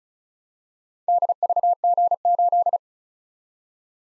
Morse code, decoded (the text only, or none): DVG8